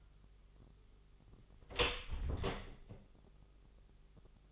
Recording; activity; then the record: daily activity, microphone in the room; close door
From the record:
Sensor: 4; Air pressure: 996.9 hPa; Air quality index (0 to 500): 44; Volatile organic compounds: 1 ppm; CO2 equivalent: 690 ppm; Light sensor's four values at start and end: 18/40/17/17 and 19/45/18/19